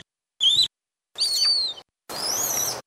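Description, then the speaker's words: Rhesus macaque calls: three separate high, tonal, slightly wavering calls, each under a second long, with brief silences between them. Rhesus monkey calls played to human volunteers in a brain study; the calls signal great food versus not so great food. "team had 16 volunteers listen to calls from rhesus monkeys."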